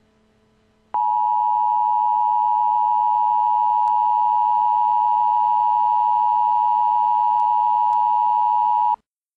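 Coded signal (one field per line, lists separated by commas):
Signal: Emergency Alert System (SAME) tones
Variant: 853 and 960 Hz attention tone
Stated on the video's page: Simulated EAS alert, fictional scenario.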